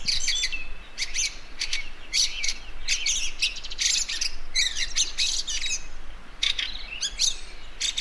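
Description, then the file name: Fieldfare song: scratchy, squawking chatter mixed with thin squeaks and short whistles, delivered in rapid clustered bursts with brief pauses. "Wacholderdrossel Gesang"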